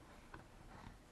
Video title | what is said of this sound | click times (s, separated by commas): [UNBOXING] CYMA CM.126 M9 Barretta AEP - Amazing little sidearm | so you look for the arrow on the end of the battery and that just slides into those contacts there and clicks into place | 0.3 s